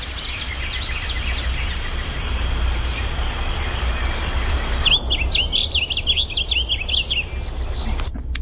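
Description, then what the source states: Blue Grosbeak song: faint notes early, then a quick, warbled phrase in the second half, over steady hiss, a low rumble and a thin high tone. Beautiful little song; played on a radio bird segment.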